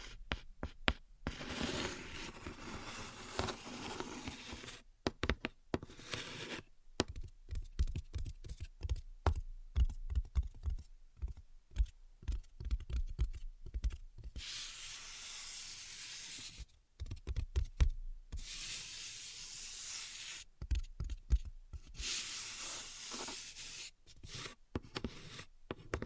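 Invisible tapping and scratching: quick, dense bursts of dry taps and clicks alternate with stretches of bright, hissy scratching that last a few seconds each. The taps come in uneven clusters, sometimes rapid like typing, with brief pauses between passages.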